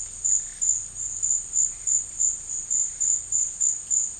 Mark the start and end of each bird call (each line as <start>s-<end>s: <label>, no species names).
0.20s-0.67s: bird call